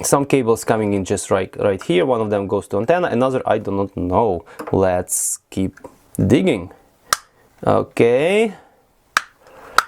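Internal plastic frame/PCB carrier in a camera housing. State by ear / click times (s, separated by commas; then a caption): released / 9.2 s, 9.8 s. Someone talks while pulling the internal plastic frame/PCB carrier out of a Wyze Cam V2 camera housing. The part was not glued, only snapped in place, and it pops free with two loud clicks at 9.2 s and 9.8 s.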